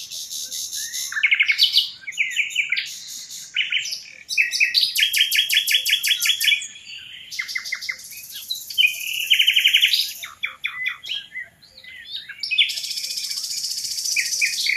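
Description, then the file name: Common nightingale singing a long varied sequence of loud rattling trills, fast repeated chirps and high drawn-out whistled notes, phrases separated by short gaps. "Luscinia megarhynchos"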